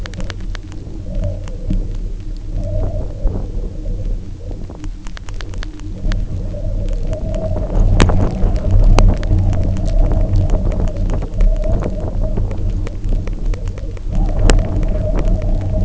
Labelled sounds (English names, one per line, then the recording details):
none
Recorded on Arctic tundra, site UTQI-0, on 27 June 2018
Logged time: 16:00